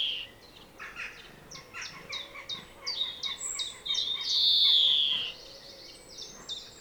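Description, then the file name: European greenfinch twittering in bursts of bright chirps, followed by a single prolonged buzzy wheeze, then scattered short notes. "Chloris chloris"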